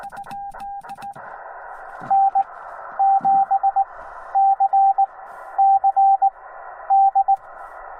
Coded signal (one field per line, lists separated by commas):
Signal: Morse code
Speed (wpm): 18 wpm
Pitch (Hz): 780 Hz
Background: radio noise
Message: N7CCD